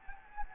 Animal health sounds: mosquito wingbeat signal from an infrared sensor; Anopheles gambiae

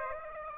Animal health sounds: mosquito wingbeat signal from an infrared sensor; Aedes aegypti

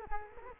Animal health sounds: mosquito wingbeat signal from an infrared sensor; Culex quinquefasciatus

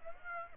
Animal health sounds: mosquito wingbeat signal from an infrared sensor; Aedes aegypti

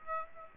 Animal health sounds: mosquito wingbeat signal from an infrared sensor; Aedes aegypti

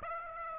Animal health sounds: mosquito wingbeat signal from an infrared sensor; Aedes aegypti

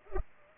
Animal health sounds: mosquito wingbeat signal from an infrared sensor; Culex pipiens

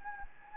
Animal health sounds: mosquito wingbeat signal from an infrared sensor; Anopheles gambiae

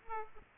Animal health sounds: mosquito wingbeat signal from an infrared sensor; Aedes aegypti

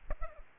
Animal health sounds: mosquito wingbeat signal from an infrared sensor; Aedes aegypti

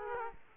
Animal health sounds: mosquito wingbeat signal from an infrared sensor; Aedes aegypti

